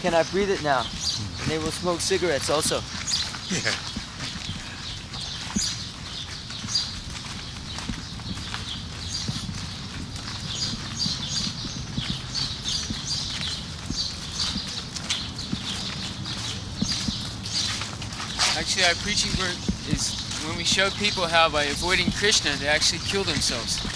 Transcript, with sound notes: We cannot breathe it now." And they will smoke cigarettes also.
[chuckles] Yes.
Actually, our preaching work is when we show people how, by avoiding Kṛṣṇa, they actually kill themselves.